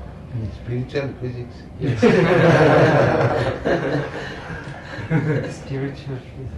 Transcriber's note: laughter